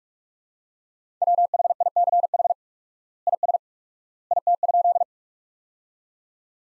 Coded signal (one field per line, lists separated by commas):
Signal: Morse code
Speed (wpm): 47 wpm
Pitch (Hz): 700 Hz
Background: none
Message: WHICH IS IT?